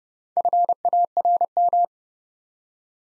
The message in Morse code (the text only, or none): FARM